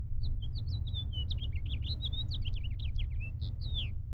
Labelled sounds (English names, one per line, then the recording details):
House Finch song
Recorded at Lawrence on Long Island, New York, on 4 June 1975
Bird F